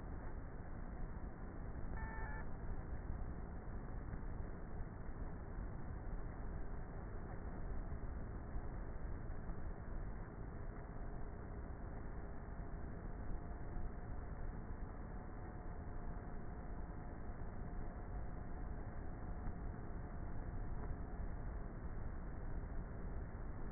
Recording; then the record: honeybee colony, microphone inside the hive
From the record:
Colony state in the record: queenless with a low population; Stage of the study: before two queens were removed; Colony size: about 30,000 bees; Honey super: no